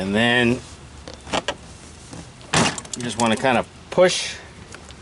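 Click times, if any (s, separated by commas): none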